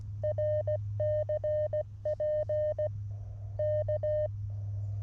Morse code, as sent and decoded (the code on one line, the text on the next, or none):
.-. -.-. .--. / -.-
RCP K